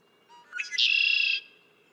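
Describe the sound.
Red-winged blackbird song: a soft note, a quick stuttered lead-in, then a loud harsh rattling trill held for about half a second.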